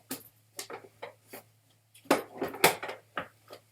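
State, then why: Seated. A Stokke Xplory stroller seat unit is lowered onto the seat mounts of the stroller frame and pushed down until it locks, producing several hard plastic and metal knocks. The seat clicks onto the frame at about 2.1 s and 2.6 s, and it ends seated and engaged, with the green lock indicator showing.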